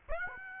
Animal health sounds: mosquito wingbeat signal from an infrared sensor; Aedes aegypti

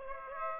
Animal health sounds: mosquito wingbeat signal from an infrared sensor; Aedes aegypti

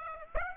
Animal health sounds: mosquito wingbeat signal from an infrared sensor; Aedes aegypti

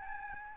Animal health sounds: mosquito wingbeat signal from an infrared sensor; Aedes albopictus

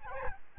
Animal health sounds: mosquito wingbeat signal from an infrared sensor; Aedes albopictus

